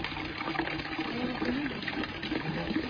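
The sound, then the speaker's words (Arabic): Rainwater gushes and pours in Gaza in a steady, unbroken rush of hissing splashes that holds an even loudness throughout, with faint murmuring voices underneath. “الحمد لله يا جماعه انه الله سقانا من ماء المطر.”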